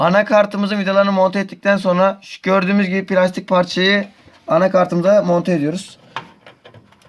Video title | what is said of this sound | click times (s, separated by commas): 15 TL'ye Bilgisayar Toplama | bakın Bu aşağıdaki şekilden getirerek tık | 6.2 s